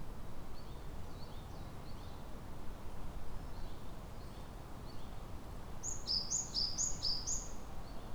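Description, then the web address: Japanese tit with faint two-note phrases early on, then a loud burst of several rapid high-low whistled pairs near the end, over steady low rumble. Recorded on 30 April 2018. "kotorinomori kotori sijukara"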